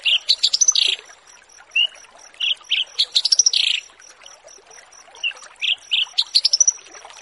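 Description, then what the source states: Australasian bushlark song: bursts of bright chirps and rapid trilled notes around high pitch, separated by short pauses, with a faint steady high tone in the background. Song used as a tutoring recording (masteran) for kept birds.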